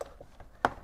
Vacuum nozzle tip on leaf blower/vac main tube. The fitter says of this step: and lock over those tabs so